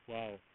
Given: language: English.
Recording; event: throat vibration sensor signal played as sound; speech